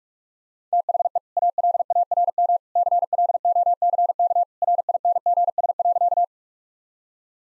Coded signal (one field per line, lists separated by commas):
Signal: Morse code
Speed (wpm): 46 wpm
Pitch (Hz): 700 Hz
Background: none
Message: THE ALARM CLOCK RINGS.